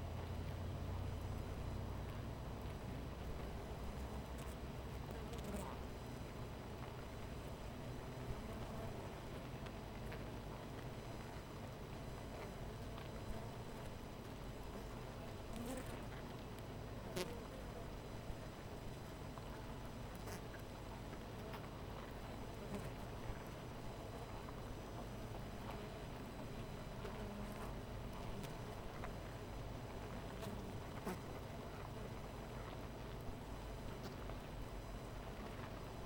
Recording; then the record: honeybee colony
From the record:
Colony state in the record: missing queen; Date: 14 July 2017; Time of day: 13:13